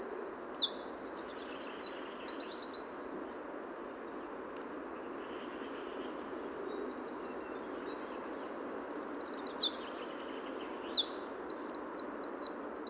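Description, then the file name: Eurasian wren song: a rapid, high, rattling and warbling trill for about three seconds, a pause of steady hiss, then another long shrill trilled phrase. "Troglodytes troglodytes"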